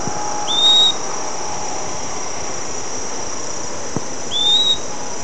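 Bird gives two clear, rising whistled calls about four seconds apart against a continuous shrill insect hum.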